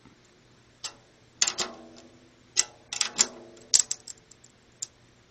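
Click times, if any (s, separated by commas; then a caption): 1.4 s, 2.6 s, 3.0 s, 3.2 s, 3.8 s. After the tension rods are brought up a quarter turn at a time, a coated plastic drum head is pressed so it stretches and settles onto a tom shell's bearing edge. Sharp snapping crackles ring out at 1.4, 2.6, 3.0, 3.2, 3.8 and 3.8 seconds, each with a short tonal ring over quiet gaps. The head ends up seated on the shell.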